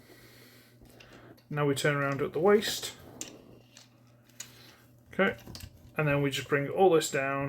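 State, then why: Not seated. Someone talks while handling a plastic Transformers SS84 Ironhide (WFC Gamer Edition) transforming figure, turning it at the waist and bringing the upper body section down toward its lower body. A few faint plastic taps and knocks are heard between the phrases. Nothing has seated or clicked into place yet.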